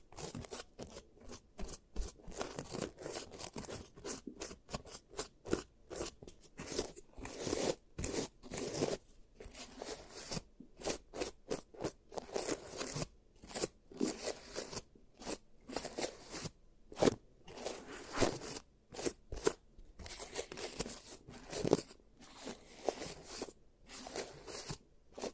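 Crisp crunching and scraping sounds from a dental-style treatment come in quick, irregular bursts with brief silences between them. The bright clicks and crackles are dense throughout the clip, with a soft low rustle underneath and a few sharper snaps standing out.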